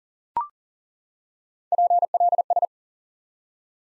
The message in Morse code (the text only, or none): PLS